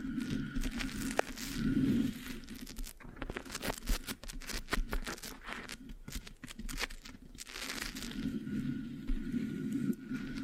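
Scratching and rubbing on a microphone fills the ten seconds with dense, irregular crackle and sticky, tacky sounds. A low rumbling hum runs underneath throughout, with bursts of rapid vertical crackles from about three to eight seconds and a sharp tick near one second.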